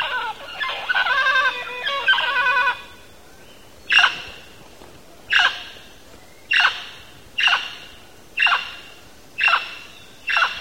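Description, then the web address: Mealy parrot squawks: an opening stretch of rough, chattering calls, then single harsh squawks repeated about once a second until the end. Recorded in Belize. "belize birds birdsongs mealy-parrot"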